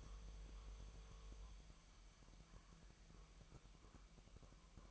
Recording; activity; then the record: daily activity, microphone in the room; make coffee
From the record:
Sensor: 1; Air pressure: 1002.0 hPa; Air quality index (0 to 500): 242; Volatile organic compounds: 47 ppm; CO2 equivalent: 3256 ppm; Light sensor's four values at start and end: 8/28/10/11 and 8/28/10/11